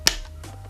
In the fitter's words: you hear that snap it into place